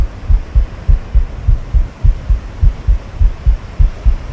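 Steady low thumping heartbeat, about 100 beats a minute, over a soft muffled whooshing hum, a relaxing womb sound for babies' sleep.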